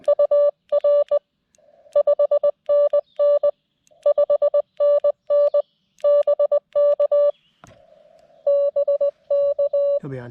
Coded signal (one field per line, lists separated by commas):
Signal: Morse code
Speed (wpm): 18 wpm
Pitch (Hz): 570 Hz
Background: speech, music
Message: UR 5NN 5NN BK BK